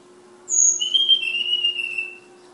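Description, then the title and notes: Flowerpecker whistles: a short high note dropping, followed by a long, thin, slightly descending whistle lasting over a second, against a steady low hum. Tledekan (sulingan) bird named Ababil, from Kudus. "Tledekan/Sulingan ABABIL. Suara Burung Tledekan Ababil dari Kudus"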